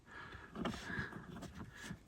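A small rubber O-ring is stretched and snapped into the groove of the wheel on a shop-built bobbin winder for an industrial sewing machine, over a steady low background hum. Two quick snaps are heard at about 0.6 and 0.7 seconds, the second one sharper, and the O-ring is seated in the groove.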